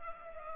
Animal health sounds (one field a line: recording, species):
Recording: mosquito wingbeat signal from an infrared sensor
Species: Culex pipiens